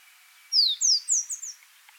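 Yemen serin song: one rapid phrase of five high, downslurred notes, the last ones softer.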